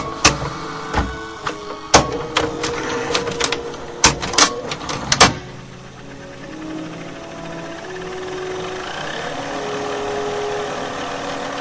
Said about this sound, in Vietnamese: Sau đó là tiếng băng trắng chạy trơn, không nghe thấy gì khác.